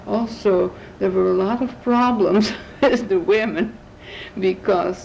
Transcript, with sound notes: Also, there were a lot of problems (chuckle) with the women because